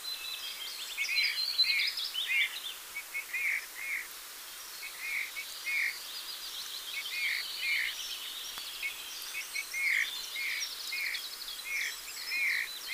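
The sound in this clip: Eurasian bullfinch quiet whistled calls in a steady series of brief notes, partly overlapped by twittering songbirds and background hiss.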